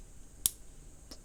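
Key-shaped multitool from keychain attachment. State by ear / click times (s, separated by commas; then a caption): released / 0.5 s. A Swiss+Tech Utili-Key 6-in-1 key-shaped multitool is unlocked from its keychain attachment and removed. A loud, sharp snap sounds at 0.5 s, then a fainter click at 1.1 s. The tool is released from the keychain.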